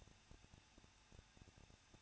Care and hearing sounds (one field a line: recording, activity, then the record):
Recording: daily activity, microphone in the room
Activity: no activity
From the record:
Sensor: 2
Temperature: 21.0 degrees Celsius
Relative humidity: 37.4%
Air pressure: 1006.2 hPa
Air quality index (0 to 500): 222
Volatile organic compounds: 24 ppm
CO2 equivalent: 2813 ppm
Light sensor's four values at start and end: 2/3/2/2 and 2/3/2/2